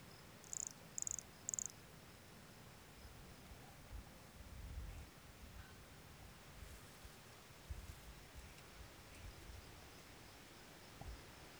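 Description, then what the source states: Brachycephalus sulfuratus calling: three brief high-pitched buzzy pulsed notes early on, then faint hiss with scattered soft noises. Recorded near Jurupara dam on 29 September 2016; calling individual vouchered as specimen MHNCI 10791 or 10792.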